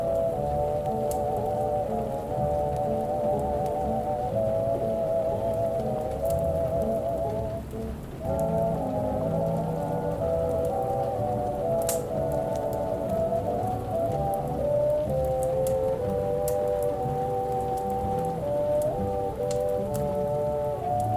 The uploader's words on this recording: Oldies playing in another room. The fire place is active.